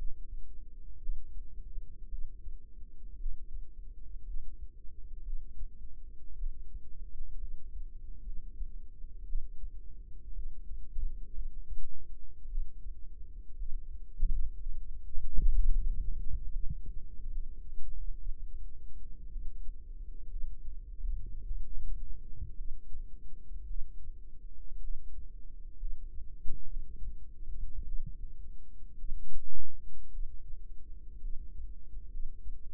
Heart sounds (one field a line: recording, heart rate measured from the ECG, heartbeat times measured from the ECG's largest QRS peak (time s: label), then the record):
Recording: heart sounds by microphone in the right ear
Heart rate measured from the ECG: 58 bpm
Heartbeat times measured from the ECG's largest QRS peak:
1.00 s: heartbeat
2.09 s: heartbeat
3.17 s: heartbeat
4.25 s: heartbeat
5.23 s: heartbeat
6.37 s: heartbeat
7.38 s: heartbeat
8.23 s: heartbeat
9.26 s: heartbeat
10.34 s: heartbeat
11.33 s: heartbeat
12.48 s: heartbeat
13.57 s: heartbeat
14.57 s: heartbeat
15.59 s: heartbeat
16.51 s: heartbeat
17.31 s: heartbeat
18.17 s: heartbeat
19.30 s: heartbeat
20.29 s: heartbeat
21.44 s: heartbeat
22.56 s: heartbeat
23.67 s: heartbeat
24.81 s: heartbeat
25.78 s: heartbeat
26.67 s: heartbeat
27.85 s: heartbeat
28.97 s: heartbeat
30.11 s: heartbeat
31.21 s: heartbeat
32.10 s: heartbeat
From the record:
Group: healthy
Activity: cold pressor test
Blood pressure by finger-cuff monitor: 111/69 mmHg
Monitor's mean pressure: 84 mmHg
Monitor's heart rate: 56 bpm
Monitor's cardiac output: 5.1 L/min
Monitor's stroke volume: 90 mL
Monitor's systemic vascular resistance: 1200 dyn s/cm5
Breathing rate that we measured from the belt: 20 breaths a minute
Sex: female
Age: 28 years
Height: 170 cm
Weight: 77 kg